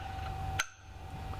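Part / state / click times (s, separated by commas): barrel extension into rifle receiver indexing pin / seated / 0.6 s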